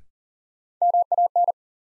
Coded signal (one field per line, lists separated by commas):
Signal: Morse code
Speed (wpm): 40 wpm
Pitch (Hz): 700 Hz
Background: none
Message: MAN